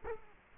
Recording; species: mosquito wingbeat signal from an infrared sensor; Culex quinquefasciatus